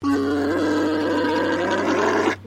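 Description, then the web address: Alpaca mating call: a steady, slightly buzzy droning hum held at an even pitch for just over two seconds, then cut off. Male alpaca giving a mating call. "Sound Effects-Foundation 1 ANIMAL ALPACA MALE MATING CALL"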